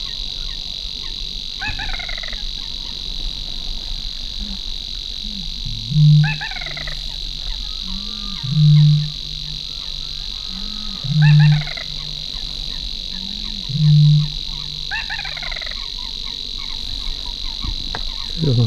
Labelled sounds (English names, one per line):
Little Crake call